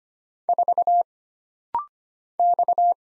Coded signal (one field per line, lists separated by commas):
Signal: Morse code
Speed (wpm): 25 wpm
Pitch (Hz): 700 Hz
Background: none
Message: 4 X